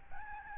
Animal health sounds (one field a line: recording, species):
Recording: mosquito wingbeat signal from an infrared sensor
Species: Aedes albopictus